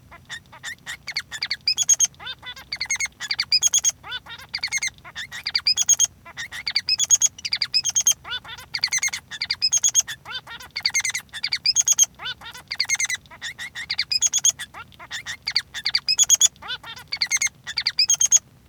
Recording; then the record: song of a male Bengalese finch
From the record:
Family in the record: son of father 3